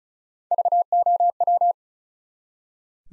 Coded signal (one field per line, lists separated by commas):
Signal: Morse code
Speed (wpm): 35 wpm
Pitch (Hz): 700 Hz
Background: none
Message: VOW